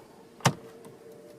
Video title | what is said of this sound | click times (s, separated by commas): 4" to 8" Factory SYNC 3 Upgrade Conversion - 2018+ Ford F150 & 2020+ Ford F250 / F350 / F450 | set the bezel in place and snap it all in | 0.5 s